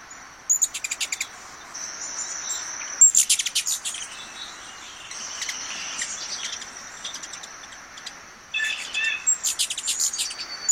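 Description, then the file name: Ruby-throated hummingbird chips come in three quick stuttering bursts of dry ticks, separated by pauses, with a continuous high insect buzz and brief whistled notes. "Canto do beija flor da garganta vermelha"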